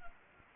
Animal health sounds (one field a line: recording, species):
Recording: mosquito wingbeat signal from an infrared sensor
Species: Anopheles gambiae